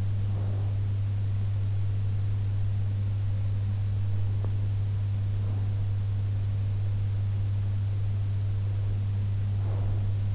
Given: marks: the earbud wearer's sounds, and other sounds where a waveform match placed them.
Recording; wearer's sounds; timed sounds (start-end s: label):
sounds in sleep by an in-ear microphone; breath
0.00-0.91 s: breath
9.51-10.35 s: breath